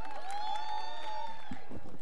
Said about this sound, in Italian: Un applauso glielo vogliamo farci sentire, dai, più forte. Dai, il rock, ragazzi, il rock.